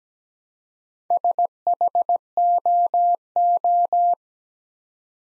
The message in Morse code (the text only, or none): SHOO